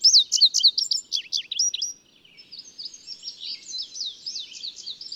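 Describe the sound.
Bird song: loud, bright chirps repeated quickly, giving way to a quieter, steady stream of high twittering notes.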